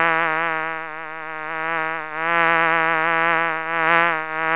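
Bee buzzing: a steady, rich droning hum whose pitch wavers slightly and swells in loudness several times, continuous throughout.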